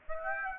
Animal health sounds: mosquito wingbeat signal from an infrared sensor; Aedes aegypti

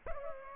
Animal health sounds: mosquito wingbeat signal from an infrared sensor; Culex pipiens

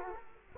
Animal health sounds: mosquito wingbeat signal from an infrared sensor; Culex quinquefasciatus

